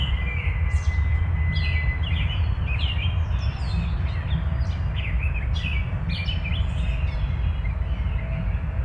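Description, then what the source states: Birds chirping, brisk clusters of short high notes over a deep continuous rumble. Birds heard along with a distant train.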